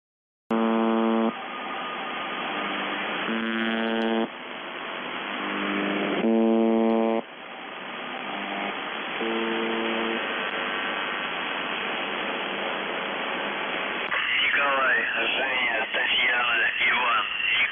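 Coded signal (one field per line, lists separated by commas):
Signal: numbers station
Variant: UVB-76 (The Buzzer)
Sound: four short low harsh buzzes about three seconds apart over static, then warbling tones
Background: radio static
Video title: The Buzzer/UVB-76 Voice Message May 3, 2021 9:36 UTC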